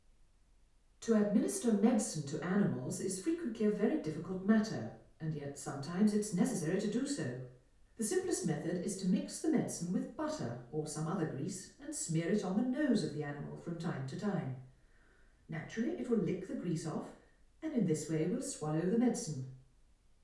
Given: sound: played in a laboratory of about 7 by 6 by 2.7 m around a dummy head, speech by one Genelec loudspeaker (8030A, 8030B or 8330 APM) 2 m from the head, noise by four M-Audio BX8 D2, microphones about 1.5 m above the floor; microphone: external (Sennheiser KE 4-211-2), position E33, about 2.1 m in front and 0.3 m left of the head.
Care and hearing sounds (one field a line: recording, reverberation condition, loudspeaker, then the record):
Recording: female speech in English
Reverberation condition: medium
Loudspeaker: 150 degrees to the right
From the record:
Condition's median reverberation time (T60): about 510 ms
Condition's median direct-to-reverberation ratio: about -0.5 dB